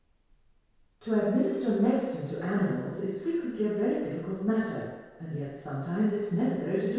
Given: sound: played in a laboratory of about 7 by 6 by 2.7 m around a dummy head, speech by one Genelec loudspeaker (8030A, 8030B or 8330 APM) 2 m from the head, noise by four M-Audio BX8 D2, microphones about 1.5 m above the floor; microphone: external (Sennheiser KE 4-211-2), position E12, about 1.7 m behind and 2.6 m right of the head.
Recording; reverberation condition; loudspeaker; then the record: female speech in English; high; 150 degrees to the right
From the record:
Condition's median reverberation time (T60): about 1300 ms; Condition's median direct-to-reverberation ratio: about -4.0 dB